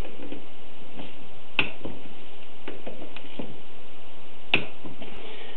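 A torque wrench set to 9 ft-lb tightens screws on a VE-type diesel injection pump until it clicks. Two sharp clicks are heard at 1.6 s and 4.5 s, with fainter ticks in between over a steady background hiss. The wrench reaches its torque setting on each click.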